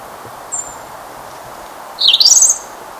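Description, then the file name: European robin song: a thin, very high note, then after a pause a short phrase of high, wavering notes that climbs in pitch, over steady faint background hiss. "Erithacus rubecula"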